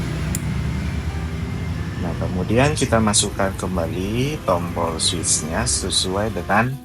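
A wiring connector is reconnected to the new start-stop engine switch button in the dashboard of a Mitsubishi Xpander, whose old switch had stuck after six years. A single sharp click at 0.4 s marks the plastic connector seating. Someone then talks over a low steady hum.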